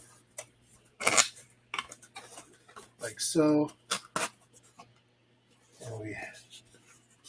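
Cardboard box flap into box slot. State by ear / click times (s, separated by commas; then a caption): not seated / none. A double-wall cardboard shipping box is folded up by hand while someone talks, with sharp papery taps and rustles as the flap is worked toward its slot. The flap or tab has not locked into place yet.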